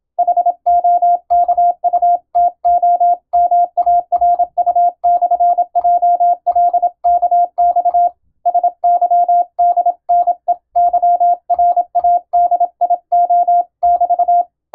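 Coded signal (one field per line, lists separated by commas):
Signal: Morse code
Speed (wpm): 26 wpm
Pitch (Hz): 700 Hz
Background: none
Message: HOKUTOMARU/JLKX SYDNEYRADIO<BT>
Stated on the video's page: Morse code receiving practice for amateur radio using European-language telegram sending practice text.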